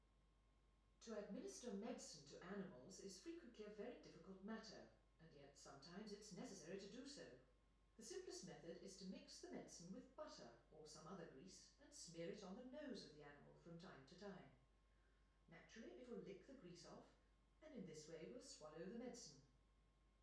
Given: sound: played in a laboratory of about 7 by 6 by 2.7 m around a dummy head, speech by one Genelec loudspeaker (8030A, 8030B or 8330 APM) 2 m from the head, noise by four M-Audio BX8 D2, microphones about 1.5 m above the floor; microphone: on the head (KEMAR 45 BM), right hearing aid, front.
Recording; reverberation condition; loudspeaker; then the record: female speech in English; medium; 120 degrees to the left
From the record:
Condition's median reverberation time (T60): about 510 ms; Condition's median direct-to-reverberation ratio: about -0.5 dB